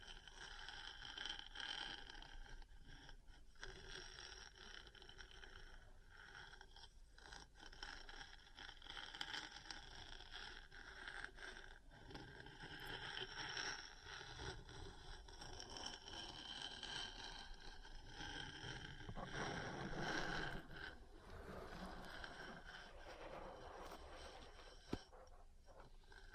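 Metal parts tap and scratch without a break, a dense, busy clatter of small scrapes and knocks with ringing bright tones that come and go. The level stays fairly even, swelling a little around twenty seconds, with a sharp click near twenty-five seconds.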